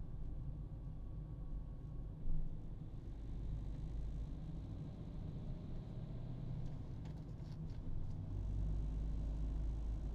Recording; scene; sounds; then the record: everyday scene through a hearing-aid microphone; in a vehicle; engine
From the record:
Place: Berlingo II, diesel engine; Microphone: in the ear canal, right